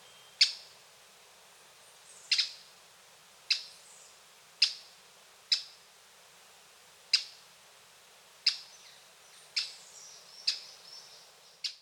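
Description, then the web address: Bird giving sharp, high, clicking chip notes, about ten single calls spaced one to two seconds apart, with a quiet background. Recorded in Costa Rican cloud forest; song and call. "Birds of the Costa Rican Cloud Forest"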